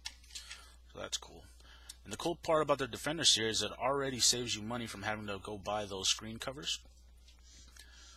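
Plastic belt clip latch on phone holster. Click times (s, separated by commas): 0.1 s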